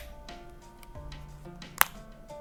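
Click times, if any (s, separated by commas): 1.8 s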